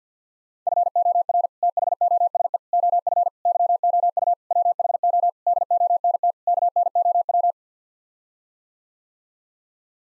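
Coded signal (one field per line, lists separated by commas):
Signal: Morse code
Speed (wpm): 50 wpm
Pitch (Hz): 700 Hz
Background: none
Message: FOR THOSE OF YOU WHO DONT KNOW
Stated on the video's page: Head-copy drill of sets of seven-word n-grams sent in Morse at 50 wpm.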